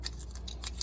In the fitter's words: It just snaps right in there.